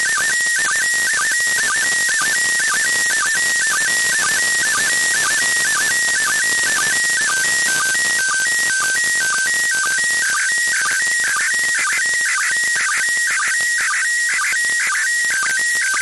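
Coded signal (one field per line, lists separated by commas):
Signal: SSTV (slow-scan television)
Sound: warbling, chirpy tone shifting in pitch with a steady rhythmic tick about twice a second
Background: radio static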